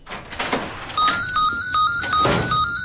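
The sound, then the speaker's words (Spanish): A few soft thumps and rustles give way to a phone ringing: a bright electronic ringtone of high, repeating beeps in a steady rhythm, continuing loudly to the end. “Le llamo desde un teléfono móvil que he encontrado.”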